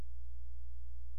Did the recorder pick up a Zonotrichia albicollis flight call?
no